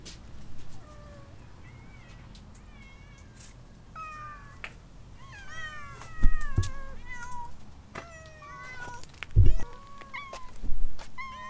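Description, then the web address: Cat meowing repeatedly, rising and falling plaintive meows in a quick series, with a few thuds and knocks underneath and quiet low hum throughout. Domestic cat recorded during feeding; ambisonic recording. "donna Cat Feeding"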